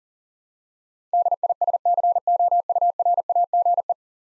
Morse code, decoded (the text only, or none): DISCOURAGE